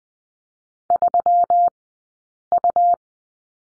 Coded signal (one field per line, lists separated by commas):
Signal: Morse code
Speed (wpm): 20 wpm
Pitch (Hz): 700 Hz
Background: none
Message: 3U